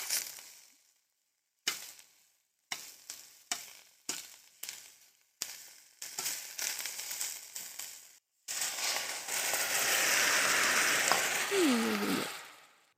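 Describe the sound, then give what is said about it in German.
A pan sizzles with a bright, crackling hiss as the food is deglazed with 50 ml water and 10 ml soy sauce over low heat, first in short bursts broken by abrupt silences, then as a steady, louder sizzle that holds for several seconds. No one speaks. “Und dann kann man das noch ein bisschen auf kleiner Hitze braten. Man löscht den quasi mit der Soße so ein bisschen ab.”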